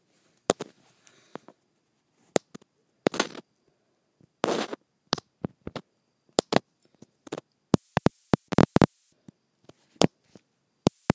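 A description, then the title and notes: A microphone taps against plastic in sharp, separate knocks spread irregularly over the clip, with silence between most of them. Short rattling scrapes break in around three and four and a half seconds, and a bright, dense clatter fills roughly eight to nine seconds. Microphone Tapping Against Plastic.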